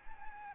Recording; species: mosquito wingbeat signal from an infrared sensor; Aedes albopictus